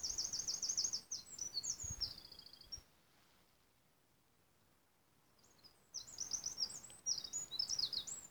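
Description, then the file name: Eurasian wren delivering a sharp, rapid trilled phrase, falling silent for about three seconds, then starting another burst of high, fast twittering trills. "Troglodytes troglodytes"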